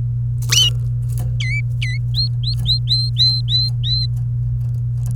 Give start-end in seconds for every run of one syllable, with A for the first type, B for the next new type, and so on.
1.40-1.98 A, 2.14-4.06 B